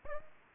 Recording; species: mosquito wingbeat signal from an infrared sensor; Aedes aegypti